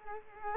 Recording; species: mosquito wingbeat signal from an infrared sensor; Culex quinquefasciatus